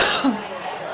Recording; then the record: coughing mixed with background sound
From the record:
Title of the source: November cold (wet coughing)